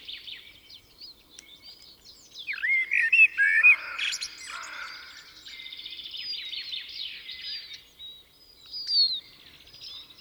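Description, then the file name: Common blackbird delivering one flowing fluty phrase with a scratchy end, with high twittering and trills before and after. "Turdus merula"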